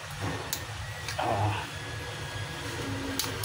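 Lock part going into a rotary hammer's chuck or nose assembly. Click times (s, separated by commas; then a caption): 3.2 s. A flat screwdriver pushes the lock part down into the chuck or nose assembly of a DeWalt D25032 rotary hammer during reassembly, with short scraping and tapping sounds over a steady low hum. At 3.2 s the lock part drops into place with a click and is locked.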